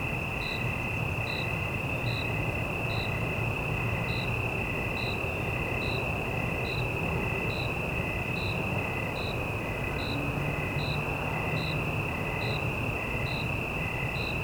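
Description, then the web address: Cricket chirping, short even chirps repeating a little faster than once a second over a steady high insect drone and a constant low traffic rumble. Single cricket in a city night evening ambience, with cicadas and distant traffic; stereo. "Surround in The Night 5 1-Stereo City Night Evening Ambience, Single Cricket, Cicadas, Distant Traffic"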